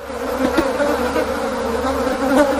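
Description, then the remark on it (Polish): Urban bees buzz in a steady, continuous drone at an insect hotel at a primary school in Łódź, Poland, a low humming tone that swells slightly now and then without any pause, with no voices present. “W ten sposób chcieli zadbać o miejskie pszczoły, trzmiele, biedronki i tak dalej.”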